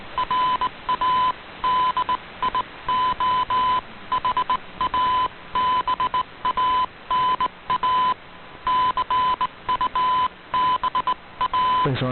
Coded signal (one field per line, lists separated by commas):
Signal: Morse code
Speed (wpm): 18 wpm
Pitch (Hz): 1010 Hz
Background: none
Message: RADIO HABANA CUBA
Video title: Radio Havana Cuba DXers Unlimited Sept 11 2018 on 15140Khz Shortwave Radio R8600